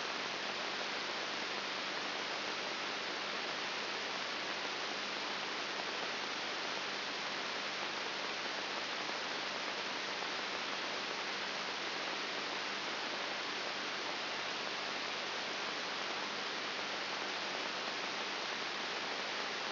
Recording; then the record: brain microelectrode recording played as sound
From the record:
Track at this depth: outside the subthalamic nucleus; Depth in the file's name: 7.1 mm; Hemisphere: right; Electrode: 3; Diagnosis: Parkinson's disease